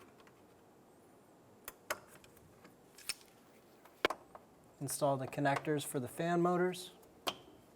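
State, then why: Seated. The plastic electrical wiring connector for the radiator fan motor on a 2003-2007 Infiniti G35 is pushed onto the fan motor's mating plug, with several small clicks and knocks before someone talks. It clicks in at 7.3 s and is seated, then given a little tug to check that it is locked.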